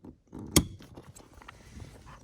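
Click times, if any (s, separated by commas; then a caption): 0.6 s. The locking lever on a door panel harness plug for a 2014–2018 Silverado/Sierra is pulled down to secure the plugged-in harness. A single loud, sharp click at 0.6 s marks the lever snapping shut, followed by faint ticks and handling noise. The connector lever is locked and seated.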